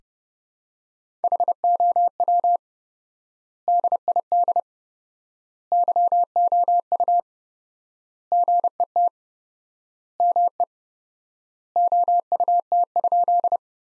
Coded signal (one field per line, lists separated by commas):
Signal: Morse code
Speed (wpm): 31 wpm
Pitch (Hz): 700 Hz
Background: none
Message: HOW DID YOU GET ME OUT?